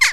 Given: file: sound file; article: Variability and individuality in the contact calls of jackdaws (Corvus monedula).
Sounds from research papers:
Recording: jackdaw call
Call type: harmonic

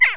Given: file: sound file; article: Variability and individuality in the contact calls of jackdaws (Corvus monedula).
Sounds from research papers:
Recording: jackdaw call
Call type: harmonic

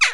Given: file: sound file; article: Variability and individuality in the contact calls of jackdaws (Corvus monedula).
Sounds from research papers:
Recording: jackdaw call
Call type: harmonic

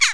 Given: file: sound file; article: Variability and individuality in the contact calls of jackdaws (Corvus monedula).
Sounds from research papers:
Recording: jackdaw call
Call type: harmonic

